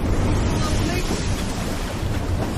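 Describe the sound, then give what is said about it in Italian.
A wooden ship that has collided with rocks on a shoal creaks against them beneath a steady, loud roar of surging waves and gusting wind that continues without a break. “La nave scricchiola sulle rocce.”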